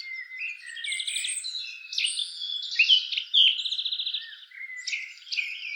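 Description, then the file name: Eurasian blackcap: songbird warbling with chattering buzzy trills and short whistled notes, a continuous scratchy stream of varied phrases. "Sylvia atricapilla"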